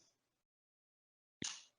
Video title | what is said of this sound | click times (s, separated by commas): MEF 3.0 Proof of Concept (133) - SD WAN and 5G with Network Slicing | and you hear a click which means that the door is now open | 1.5 s